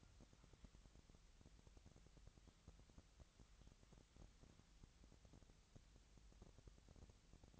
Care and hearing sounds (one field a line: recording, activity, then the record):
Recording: daily activity, microphone in the room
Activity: wipe stove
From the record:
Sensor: 3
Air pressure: 1003.3 hPa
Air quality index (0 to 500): 200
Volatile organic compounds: 7 ppm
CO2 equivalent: 1959 ppm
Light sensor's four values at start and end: 11/26/11/12 and 11/26/11/11